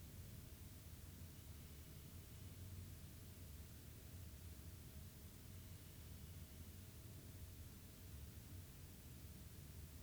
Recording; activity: daily activity, guitar pickup as the sensor; sit